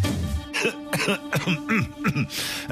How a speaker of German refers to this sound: So, ich habe den Hustenabfall überstanden, den hatte ich jetzt die ganzen Nachrichten über. War kurz, war so 6 Minuten, normalerweise noch eine halbe Stunde.